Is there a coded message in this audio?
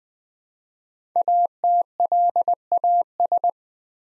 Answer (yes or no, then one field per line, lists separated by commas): yes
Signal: Morse code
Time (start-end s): 1.2-3.5 s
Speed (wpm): 20 wpm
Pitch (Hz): 700 Hz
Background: none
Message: ATLAS